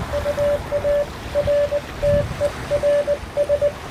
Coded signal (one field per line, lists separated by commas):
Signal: Morse code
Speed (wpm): 20 wpm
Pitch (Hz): 580 Hz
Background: none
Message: UARTERS